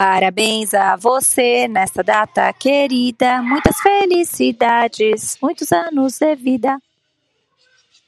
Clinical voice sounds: short text; Brazilian Portuguese; female; 40 to 49 years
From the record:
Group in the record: control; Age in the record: 47 years

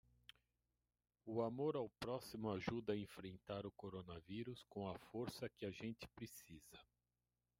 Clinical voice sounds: spoken sentence; Brazilian Portuguese; male; 60 to 69 years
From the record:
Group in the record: control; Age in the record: 60 years

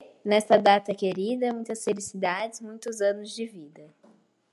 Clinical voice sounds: short text; Brazilian Portuguese; female; 18 to 19 years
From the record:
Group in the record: control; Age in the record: 19 years

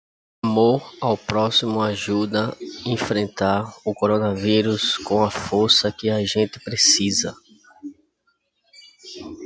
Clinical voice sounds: spoken sentence; Brazilian Portuguese; male; 30 to 39 years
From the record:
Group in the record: control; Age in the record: 39 years

